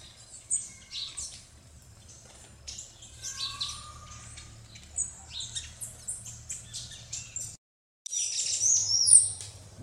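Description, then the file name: Red-necked Tanager song: fainter runs of high, thin chips and twitters over a low steady hum, briefly cut out before a louder burst of sharp notes. "canto-da-saíra-militar"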